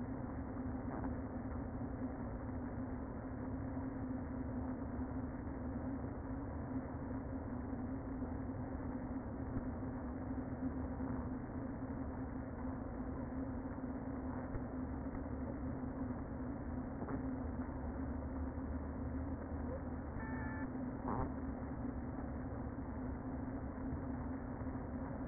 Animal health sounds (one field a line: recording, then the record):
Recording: honeybee colony, microphone inside the hive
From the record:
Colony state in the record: queen present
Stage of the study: before two queens were removed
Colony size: about 60,000 bees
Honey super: yes